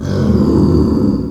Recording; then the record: squeal of a Yucatan mini pig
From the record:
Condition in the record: after surgery on the right vocal fold (resection and tissue-engineered implant); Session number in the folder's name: 13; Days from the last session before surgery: 113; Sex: female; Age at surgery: 19 weeks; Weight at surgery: 25 kg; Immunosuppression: prednisolone